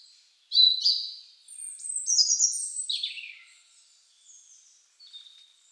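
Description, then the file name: European robin delivering a rich, high warbling phrase of rapid notes that step up and down, fading into faint thin notes. "Erithacus rubecula"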